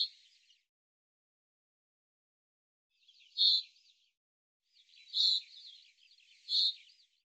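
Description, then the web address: Bird calls, brief high chirps with scratchy trailing notes, one at the start, then three more after a pause of over two seconds. "Deverinetal 2025 File cleaned normalized Bird Fr Co"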